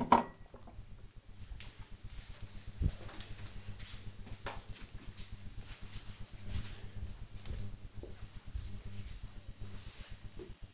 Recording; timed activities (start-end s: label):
household activities, microphone on the right wrist
none